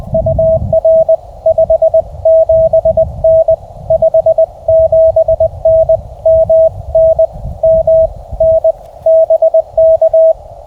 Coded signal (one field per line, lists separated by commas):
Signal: Morse code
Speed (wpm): 19 wpm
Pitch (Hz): 590 Hz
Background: radio noise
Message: UR 57N 57N MN M N BK